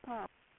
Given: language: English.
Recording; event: throat vibration sensor signal played as sound; speech